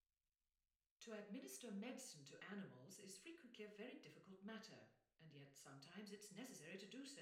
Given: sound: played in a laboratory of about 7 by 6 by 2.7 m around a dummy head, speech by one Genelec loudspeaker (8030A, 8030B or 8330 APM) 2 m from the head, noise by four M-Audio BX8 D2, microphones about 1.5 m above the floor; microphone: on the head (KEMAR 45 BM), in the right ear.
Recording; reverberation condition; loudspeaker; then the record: female speech in English; medium; in front (0 degrees)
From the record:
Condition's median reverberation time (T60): about 510 ms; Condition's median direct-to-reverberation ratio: about -0.5 dB